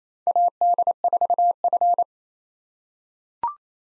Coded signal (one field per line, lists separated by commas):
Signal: Morse code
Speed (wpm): 28 wpm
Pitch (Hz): 700 Hz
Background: none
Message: AD4F